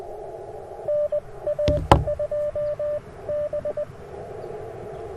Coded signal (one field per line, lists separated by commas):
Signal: Morse code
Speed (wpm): 21 wpm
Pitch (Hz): 600 Hz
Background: radio noise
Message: NA2B